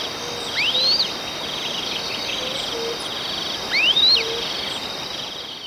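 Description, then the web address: Long-tailed tyrant calling: two sweeping, rising whistles about three seconds apart, heard over loud, continuous cricket-like trilling. Ecuador. "Birds of Ecuador Long-tailed Tyrant"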